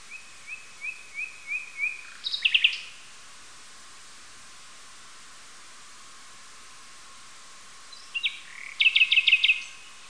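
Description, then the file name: Common nightingale song: a series of short whistled notes, then a rapid burst of sharp repeated notes, a pause of several seconds, then another fast rattling phrase. "yuzhnij solovej luscinia megarhynchos"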